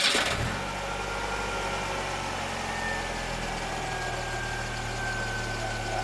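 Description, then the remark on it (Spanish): A car engine cranks and catches with a brief burst of noise, then settles into a steady, low, rumbling idle that hums evenly for several seconds. “Voy a arrancar en el carro ya.”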